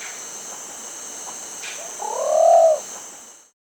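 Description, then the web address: Plumbeous Pigeon call: one soft, low, slightly arched hooting coo lasting under a second, with a thin steady high whine throughout. Recorded in Peru, in the Amazon region. "Birds of the Amazon. Plumbeous Pigeon (Columba plumbea), Peru"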